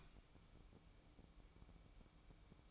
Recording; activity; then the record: daily activity, microphone in the room; open fridge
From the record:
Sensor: 1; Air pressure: 1007.9 hPa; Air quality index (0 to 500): 107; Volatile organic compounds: 1 ppm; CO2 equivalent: 910 ppm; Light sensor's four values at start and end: 12/30/12/14 and 12/30/12/14